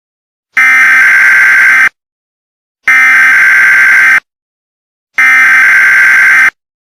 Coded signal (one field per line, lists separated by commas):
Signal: Emergency Alert System (SAME) tones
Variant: header bursts